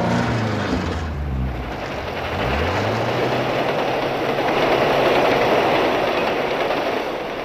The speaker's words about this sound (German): Und der Zug brauste vorbei. Über die gleiche Stelle, auf der vor einer Sekunde mein Wagen festgesessen hatte.